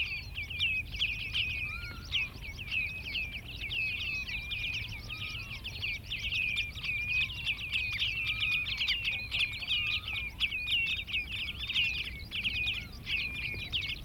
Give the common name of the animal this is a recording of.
Common Redshank